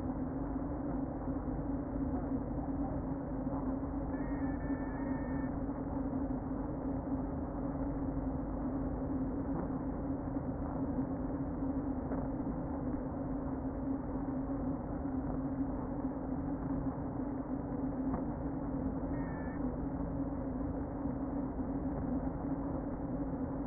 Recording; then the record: honeybee colony, microphone inside the hive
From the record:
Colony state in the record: queen present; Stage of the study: before two queens were removed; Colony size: about 60,000 bees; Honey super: yes